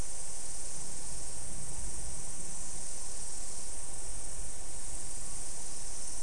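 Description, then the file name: Insect chorus: an unbroken high, shimmering drone that holds steady throughout, with a faint low rumble underneath. "mainly insect"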